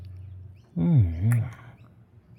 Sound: kiss